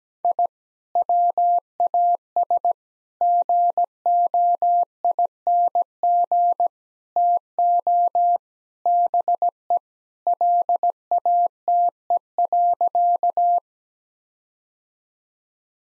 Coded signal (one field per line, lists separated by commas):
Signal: Morse code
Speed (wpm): 17 wpm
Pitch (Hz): 700 Hz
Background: none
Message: I WAS GOING TO BE LATE.